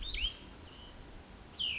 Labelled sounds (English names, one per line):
Cassin's Vireo